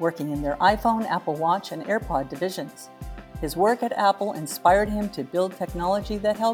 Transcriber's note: none